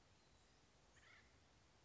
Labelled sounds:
Acorn Woodpecker (Melanerpes formicivorus)

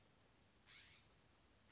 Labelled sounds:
California Scrub-Jay (Aphelocoma californica)

